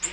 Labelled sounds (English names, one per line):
Nashville Warbler flight call